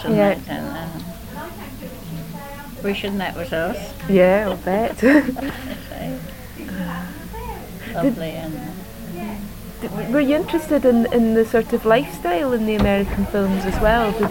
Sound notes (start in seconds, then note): 2.8 laughs; 5.0 laughs